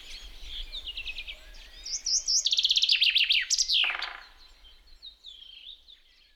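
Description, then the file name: Common chaffinch song: a series of sharp notes building into a loud terminal flourish, followed by quieter twittering. "metsvint"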